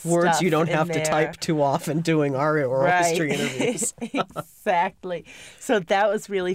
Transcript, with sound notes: Words you don't have to type too often doing our oral histories. ( they laugh )
Exactly. So that was really fun.